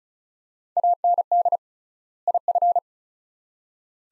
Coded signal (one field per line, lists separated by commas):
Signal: Morse code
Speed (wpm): 34 wpm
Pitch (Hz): 700 Hz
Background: none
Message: AND IF